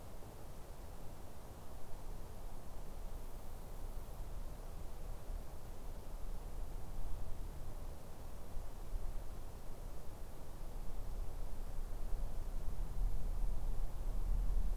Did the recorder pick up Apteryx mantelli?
no